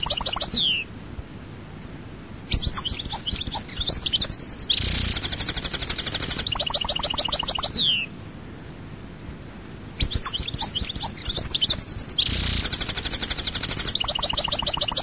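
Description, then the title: European goldfinch song: the end of one phrase, then two long bouts of jingling trills, harsh buzzes and down-slurred notes, with quiet gaps of about two seconds. "Chant Chardonneret"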